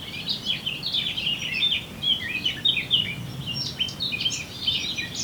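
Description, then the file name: Eurasian blackcap warbled song, rapid jumbled phrases of clear whistles and harsher notes running on steadily. "Sylvia atricapilla"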